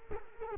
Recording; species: mosquito wingbeat signal from an infrared sensor; Culex quinquefasciatus